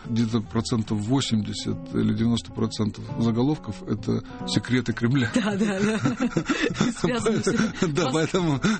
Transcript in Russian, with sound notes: Где-то процентов 80 или 90% заголовков – это секреты Кремля. (все смеются) Поэтому